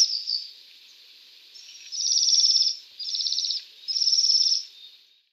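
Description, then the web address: Bohemian waxwing calls: high, silvery, buzzy trills in three main bursts. "Голоса птиц Свиристель"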